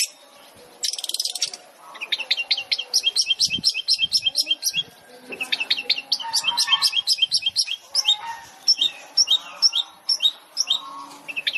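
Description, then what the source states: Long-tailed shrike giving a busy stream of short chirps and quick whistled notes, fast and uneven, with a brief buzzy burst near the start. Long-tailed shrike (cendet) song in the full 'tembakan' style, used as masteran training material for other shrikes to learn from.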